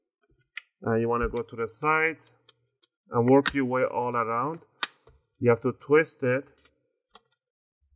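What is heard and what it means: A pry tool pushed into the back corner between the top and bottom covers of a HUAWEI MateBook D14 (Nbl-WAQ9R) laptop is lifted to unsnap the plastic retaining clips of the bottom cover during a battery replacement. A sharp click sounds at 0.6 s as the clips pop open and the cover is released, while someone talks.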